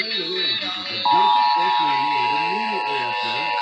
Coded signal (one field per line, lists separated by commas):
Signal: Emergency Alert System (SAME) tones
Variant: 853 and 960 Hz attention tone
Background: speech, music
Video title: Los Angeles Required Monthly Tests (EAS #321-332) 7/31/18